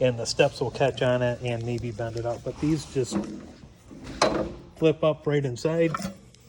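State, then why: Not seated. Folding entry steps on a Cougar 22MLS RV are handled as they flip up inside the door toward their stowed position, with the door needing to be fully open so the steps don't catch and bend. Someone talks throughout, and a sharp knock is heard at 4.2 s. Nothing has seated or clicked yet; the clip ends just before the steps lock into place.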